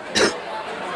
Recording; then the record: coughing mixed with background sound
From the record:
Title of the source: 60 coughing still (deep and wet cough)